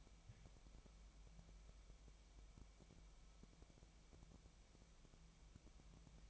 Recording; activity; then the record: daily activity, microphone in the room; wipe stove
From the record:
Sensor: 1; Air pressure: 1001.6 hPa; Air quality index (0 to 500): 219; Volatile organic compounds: 28 ppm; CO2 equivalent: 2924 ppm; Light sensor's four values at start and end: 8/29/10/11 and 8/29/10/11